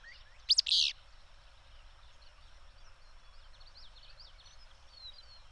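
Bird chirps: one loud double chirp early on, followed by a long run of faint, thin twittering notes.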